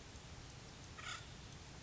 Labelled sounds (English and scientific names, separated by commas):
Acorn Woodpecker (Melanerpes formicivorus)